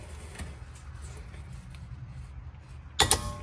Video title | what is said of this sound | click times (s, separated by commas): 2007–2011 Toyota Camry Shock Replacement - Monroe Quick Struts Install (All 4!) | There you go. You hear the click? That's our 155 pounds, foot of pound torque. | 3.0 s